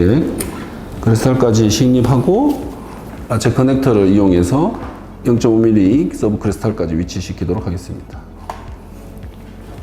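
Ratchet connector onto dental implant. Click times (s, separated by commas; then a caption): 8.5 s. A ratchet connector is attached to the implant mount of a MeGagen MiNi dental implant, which is placed up to crestal and positioned 0.5 mm sub-crestal. Someone talks through most of the clip, then a short sharp click is heard at 8.5 s as the connector clicks onto the implant. A fainter tap follows at 9.2 s, and the connector is seated.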